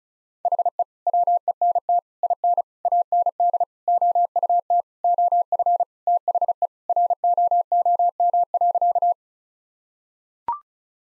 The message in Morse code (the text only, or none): HE WENT IN AND OUT OF THE ROOM.